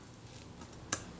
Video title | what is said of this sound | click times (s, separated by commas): Retina Reflex type 025 complete service 12 | and flip this you must line up the red dots when refitting the lens and it'll just click into place | 0.9 s